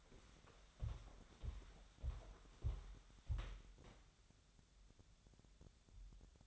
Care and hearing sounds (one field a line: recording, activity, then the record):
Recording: daily activity, microphone in the room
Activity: walk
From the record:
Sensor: 3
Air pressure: 1015.3 hPa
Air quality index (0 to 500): 120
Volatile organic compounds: 4 ppm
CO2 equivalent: 1685 ppm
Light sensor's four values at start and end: 18/46/18/20 and 17/44/18/19